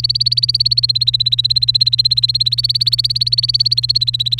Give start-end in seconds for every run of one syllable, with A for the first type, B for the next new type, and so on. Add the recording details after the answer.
0.00-4.40 A. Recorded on 30 April 2018 at 05:45. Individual llb3